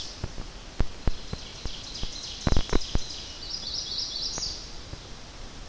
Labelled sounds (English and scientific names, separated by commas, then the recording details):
Ovenbird (Seiurus aurocapilla) song
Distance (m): 80 m
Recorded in boreal forest in Alberta, Canada, on 10 June 2016 at 07:44
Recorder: SongMeter 3, array SBT-3-39
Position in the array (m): 325 m, 145 m
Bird 19